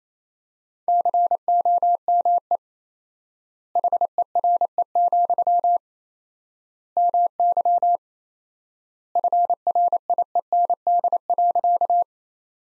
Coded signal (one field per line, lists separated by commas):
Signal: Morse code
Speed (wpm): 28 wpm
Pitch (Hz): 700 Hz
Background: none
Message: COME HERE, MY FRIEND.